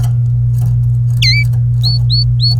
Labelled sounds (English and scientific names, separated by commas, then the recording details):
Domestic Canary (Serinus canaria) song
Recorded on 27 April 2018 at 08:22
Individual llb3